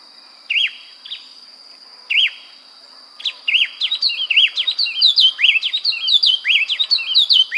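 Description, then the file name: Bird calls: a few separate sharp chirps, then a fast, busy stream of bright downslurred notes after about three seconds, with a faint steady high tone behind. "SABIOD 50 bird 2015"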